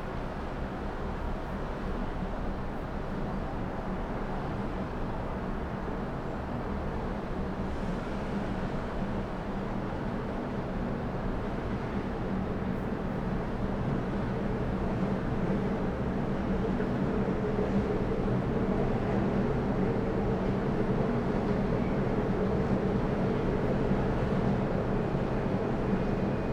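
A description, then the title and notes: A city heard from high above, a dense, steady roar of distant traffic blending into one continuous low rumble. The wash stays even throughout, growing slightly fuller in the second half, with faint brief sounds from the streets surfacing now and then. Melbourne City early evening sounds from 29 floors above the ground. It's recorded using two microphones placed as if they were human ears. Today, a city soundscape from the 29th floor overlookingh the Docklands area.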